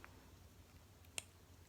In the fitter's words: you hear that that was the pop